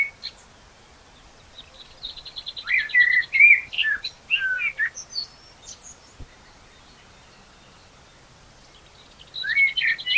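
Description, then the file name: Common blackbird song: a thin high rattle leads into mellow, dipping whistled phrases and a few squeaky high notes, then quiet before another warbled phrase. "Turdus merula"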